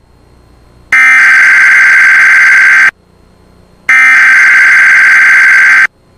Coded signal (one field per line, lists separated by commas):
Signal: Emergency Alert System (SAME) tones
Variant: header bursts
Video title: EAS Mock #4: California Amber Alert (4/8/2022)